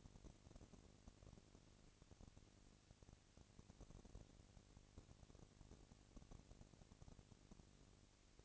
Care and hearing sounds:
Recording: daily activity, microphone in the room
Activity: no activity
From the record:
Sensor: 4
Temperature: 22.3 degrees Celsius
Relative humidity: 31.9%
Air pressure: 997.9 hPa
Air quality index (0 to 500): 203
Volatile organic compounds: 17 ppm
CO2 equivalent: 2572 ppm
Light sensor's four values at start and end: 2/3/1/1 and 2/3/1/1

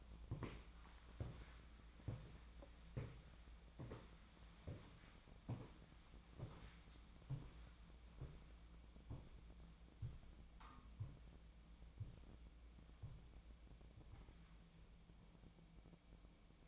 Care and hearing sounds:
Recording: daily activity, microphone in the room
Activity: walk to room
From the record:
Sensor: 1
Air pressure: 1010.1 hPa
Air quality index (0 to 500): 185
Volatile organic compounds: 16 ppm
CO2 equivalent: 2542 ppm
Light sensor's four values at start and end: 38/96/40/50 and 39/99/42/51

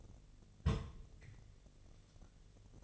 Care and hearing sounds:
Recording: daily activity, microphone in the room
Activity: place on stove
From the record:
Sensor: 4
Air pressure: 1000.2 hPa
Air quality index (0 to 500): 223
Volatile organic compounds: 27 ppm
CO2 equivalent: 2878 ppm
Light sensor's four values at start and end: 9/20/8/7 and 9/20/8/8

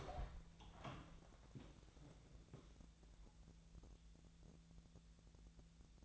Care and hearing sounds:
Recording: daily activity, microphone in the room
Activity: open door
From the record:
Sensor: 3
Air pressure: 1000.5 hPa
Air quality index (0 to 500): 172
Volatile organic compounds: 3 ppm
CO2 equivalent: 1494 ppm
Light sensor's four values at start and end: 13/31/13/13 and 13/31/13/13

